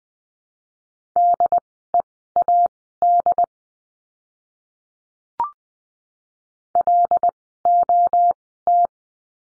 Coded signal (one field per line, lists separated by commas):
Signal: Morse code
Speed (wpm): 20 wpm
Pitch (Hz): 700 Hz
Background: none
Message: DEAD LOT